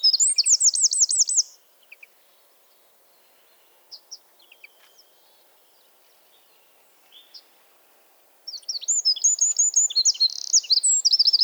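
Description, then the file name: Eurasian wren singing two bursts of rapid, high trilling song, one at the start and one at the end, separated by a long quiet gap with a few faint notes. "Troglodytes troglodytes"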